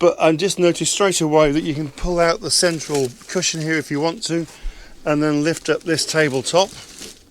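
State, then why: Not seated. A man talks about the central cushion in a caravan's front lounge, which can be pulled out, and the fold-up tabletop, which he is about to lift. The tabletop has not yet been raised or clicked into its support, and no handling sound stands out beneath the continuous speech.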